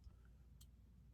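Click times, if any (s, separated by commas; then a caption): 0.6 s. A single-edge stainless razor blade is pushed down into the head of a flagship OneBlade Genesis safety razor. A short, sharp click sounds at 0.6 s over a quiet background hum as the blade clicks into place, and the blade is set.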